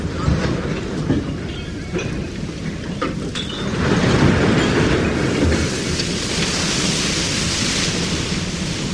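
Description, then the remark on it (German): Heavy iron clanking and rattling as a fishing trawler's net slides into the sea off East Greenland: heavy iron balls rumble down the slanted stern slipway, iron-armoured otter boards dive, two 11 cm thick steel cables unspool. Sharp metallic knocks in the first seconds over a loud, steady mechanical roar of winches. “Zum ersten Mal rutscht das Netz ins Meer, poltern die schweren Eisenkugeln die schräge Slippe am Heck hinab, tauchen die eisenbewehrten Scherbretter hinunter, spulen die zwei 11 cm dicken Stahlseile ab, die das Netz halten.”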